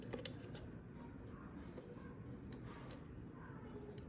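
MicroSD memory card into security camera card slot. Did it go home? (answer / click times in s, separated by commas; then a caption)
no / none. A microSD memory card is pushed into the card slot of a TP-Link Tapo C2111 Black Edition indoor pan-tilt security camera, with the card turned to match the small picture beside the slot. Soft handling and scraping over a steady low hum are heard, with brief sharp ticks near 0.3, 2.9 and 4.0 seconds. The clip ends before the card goes home, and nothing has seated or clicked yet.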